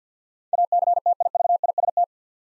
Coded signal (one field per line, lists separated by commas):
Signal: Morse code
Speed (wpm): 50 wpm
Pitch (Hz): 700 Hz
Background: none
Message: ACTIVIST